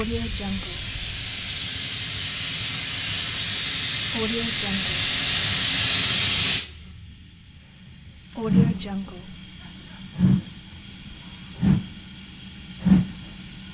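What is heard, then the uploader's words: A loud, bright hiss of escaping steam fills the first six and a half seconds, holding steady before cutting off abruptly. In the quieter stretch that follows, four short, low puffs or toots sound at roughly even intervals, about every one and a half seconds. Old Train Whistle and Steam Sound Effects.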